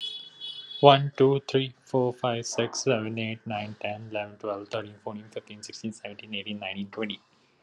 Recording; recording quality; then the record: counting at a fast pace; excellent, no background noise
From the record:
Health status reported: healthy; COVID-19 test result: not tested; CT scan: not taken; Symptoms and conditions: breathing difficulty, fatigue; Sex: male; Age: 21 years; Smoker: yes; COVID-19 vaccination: both doses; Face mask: not worn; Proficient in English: yes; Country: India